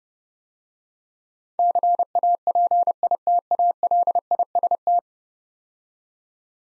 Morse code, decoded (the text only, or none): CAPITALIST